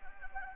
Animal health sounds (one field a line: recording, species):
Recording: mosquito wingbeat signal from an infrared sensor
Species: Anopheles gambiae